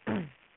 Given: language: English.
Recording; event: throat vibration sensor signal played as sound; throat clearing